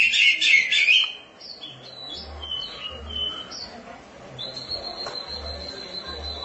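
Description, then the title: Oriental magpie-robin song: a loud burst of rich warbled notes, then softer thin whistled phrases and a long steady high whistle, with a low hum beneath. "Suara Kicauan Burung Kacer"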